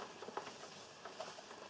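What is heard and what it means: A plastic bottom cover is put back onto an Acer Nitro 5 laptop chassis and handled bit by bit around the perimeter, producing light scattered tapping and pattering sounds. Nothing has seated or clicked yet.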